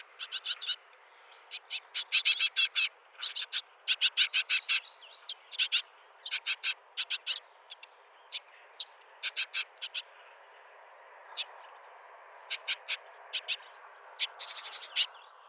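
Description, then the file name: Great tit giving harsh, dry chattering calls, short scratchy notes in irregular clusters with quiet pauses between them. "Parus major"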